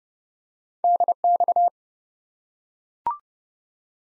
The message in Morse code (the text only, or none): DX